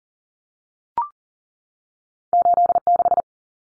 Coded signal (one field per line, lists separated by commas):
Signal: Morse code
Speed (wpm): 40 wpm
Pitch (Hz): 700 Hz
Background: none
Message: 86